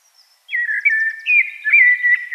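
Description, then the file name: Common blackbird, a loud mellow whistled phrase of warbling notes lasting about two seconds, with faint high thin squeaks above it. "Turdus merula"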